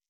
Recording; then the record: hydrophone in a shrimp aquaculture tank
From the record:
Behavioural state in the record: stressed